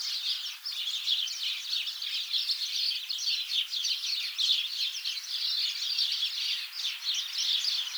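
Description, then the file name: House sparrow chorus of busy overlapping chirps, rising and falling slightly in loudness but never stopping, with a light background hiss. "Passer domesticus"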